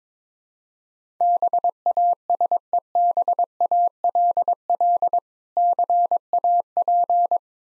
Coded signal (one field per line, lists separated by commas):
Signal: Morse code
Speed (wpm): 22 wpm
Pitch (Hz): 700 Hz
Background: none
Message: BASEBALL CAP